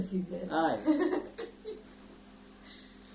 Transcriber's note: laughs